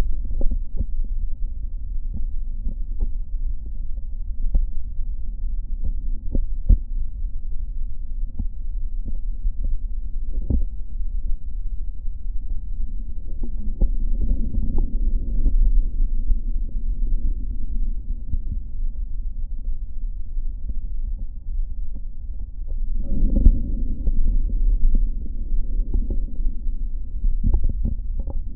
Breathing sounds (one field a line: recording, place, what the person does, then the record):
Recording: lung sounds by stethoscope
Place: right posterior apical chest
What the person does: quiet breathing, then deep breathing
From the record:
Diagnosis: none (healthy)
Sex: male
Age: 35 years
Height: 186 cm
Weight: 108 kg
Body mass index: 31.2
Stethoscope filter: diaphragm mode